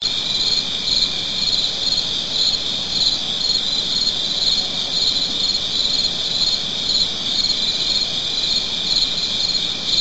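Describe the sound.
Cricket, a steady high-pitched trill pulsing continuously without pause, with a fainter higher band above it and no other clear sounds.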